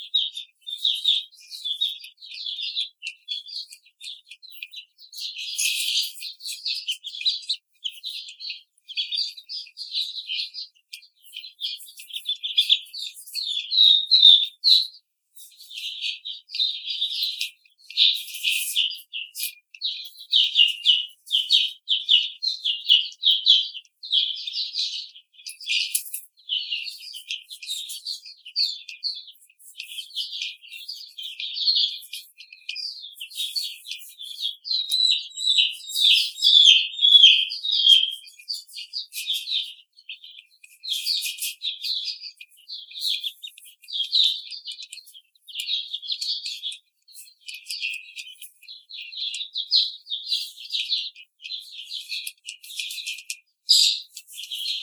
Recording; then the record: young laying hens in a cage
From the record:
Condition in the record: treatment cage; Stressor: simulated dog barking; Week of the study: 5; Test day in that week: 1